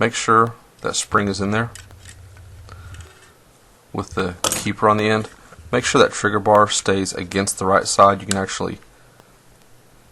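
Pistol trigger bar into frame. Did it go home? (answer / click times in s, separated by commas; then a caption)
yes / 9.2 s. A pistol trigger bar, with a spring and the keeper on its end, is fitted into the frame and held against the right side while someone talks. Small metallic clicks and taps are heard around 2.1 to 2.9 seconds. A sharp click at 9.2 seconds marks the trigger bar seating in place.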